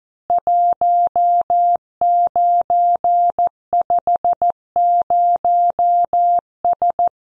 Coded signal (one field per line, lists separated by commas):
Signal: Morse code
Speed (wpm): 14 wpm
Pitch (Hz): 700 Hz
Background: none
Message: 1950S